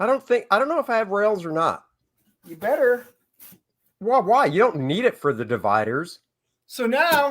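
A cardboard divider is handled near a comic storage drawer box while someone talks through most of the clip, with short pauses between phrases. Nothing has seated or clicked into place yet.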